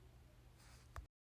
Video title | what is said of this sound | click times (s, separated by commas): Full install and review of this modern ceiling fan from Amazon! | You just lift the fan and slide it right into that bracket and it will click right into place. | 1.0 s